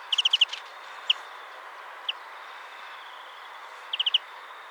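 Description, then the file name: European greenfinch calling in quick trilled bursts of four or five clipped notes, with single isolated notes between the opening and closing bursts, over a steady faint hiss. "Chloris chloris"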